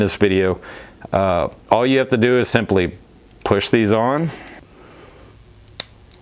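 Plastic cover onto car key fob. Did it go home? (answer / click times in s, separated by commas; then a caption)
yes / 5.8 s. A plastic cover is pushed onto a car key fob. Someone talks, then a quiet handling rustle follows, and a sharp click at 5.8 s marks the cover seating with a snug fit.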